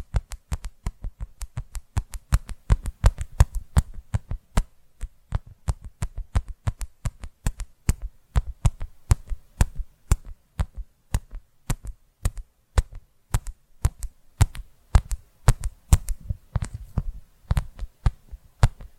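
Rapid tapping goes on without pause, sharp bright clicks over soft low thumps, its rhythm uneven, quickening and bunching in places.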